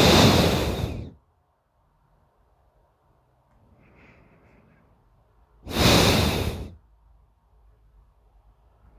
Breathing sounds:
nose breathing near a microphone
0.00-1.08 s: exhalation
3.40-5.58 s: inhalation
5.58-6.77 s: exhalation
8.74-8.98 s: inhalation
From the record:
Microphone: phone

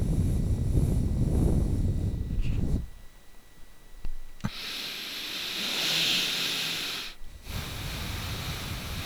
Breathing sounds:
nose breathing near a microphone
0.00-4.30 s: exhalation
4.30-7.32 s: inhalation
7.32-9.06 s: exhalation
From the record:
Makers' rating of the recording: bad

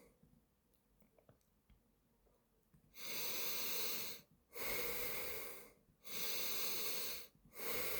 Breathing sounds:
nose breathing near a microphone
2.62-4.07 s: inhalation
4.07-5.67 s: exhalation
5.67-7.22 s: inhalation
7.22-8.00 s: exhalation
From the record:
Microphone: phone

